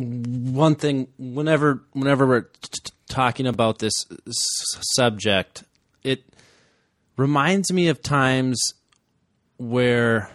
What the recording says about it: The vast majority of my stuttering career, I haven't really like purposefully used strategies to manage my stuttering.